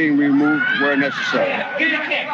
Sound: siren sound

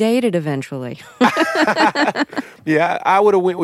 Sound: laughter

